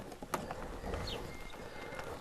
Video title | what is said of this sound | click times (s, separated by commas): The Belgian adventure begins - traveling to Europe and packing the bikes | So obviously the camera just clicks into place | 0.3 s